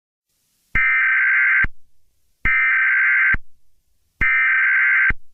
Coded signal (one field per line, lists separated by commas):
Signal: Emergency Alert System (SAME) tones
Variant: header bursts